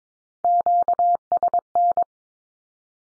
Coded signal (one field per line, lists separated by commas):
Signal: Morse code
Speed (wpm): 22 wpm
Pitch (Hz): 700 Hz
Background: none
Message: QSN